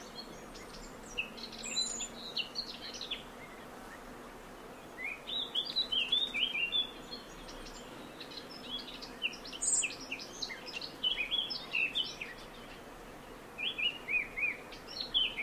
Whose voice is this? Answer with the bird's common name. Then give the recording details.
Eurasian Blackcap. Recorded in the wild. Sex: male. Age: adult. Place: Tiuccia, Corsica, FR. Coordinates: 42.0714, 8.73222. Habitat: macchia. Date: 2011-07-23. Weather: sunny, 15°C, weak winds. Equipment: Fostex FR2-LE, Sennheiser ME66, Popschutz. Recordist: Frommolt, Karl-Heinz